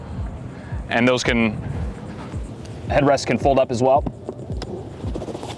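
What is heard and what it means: A padded folding headrest on a bow lounge seat of a 2026 Sunreef Ultima 55 yacht is folded up by hand while someone talks, with a few faint knocks of handling around 2.7, 4.3, 4.6 and 5.4 seconds. The headrest is handled but not yet home; nothing has seated or clicked yet.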